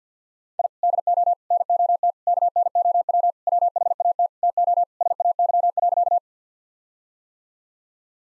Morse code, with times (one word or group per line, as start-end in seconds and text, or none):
0.6-0.7 I
0.8-1.3 DO
1.5-2.1 NOT
2.3-3.3 KNOW
3.5-4.3 WHAT
4.4-4.8 TO
5.0-6.2 SAY.